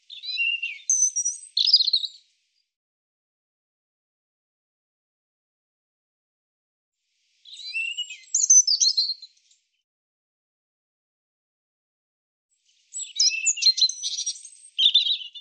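European robin song: three short bursts of high, jumbled twittering and thin whistles, each about two seconds long, separated by long silent pauses, with no other sounds.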